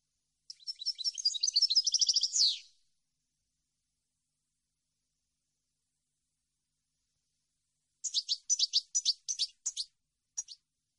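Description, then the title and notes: European goldfinch song: a dense twittering phrase ending in a falling slur, then after a long pause a looser series of separate high chips. Clean goldfinch song compiled on a CD, meant to be copied. "Cd Jilguero. Cd de canto de jilguero limpio para copia"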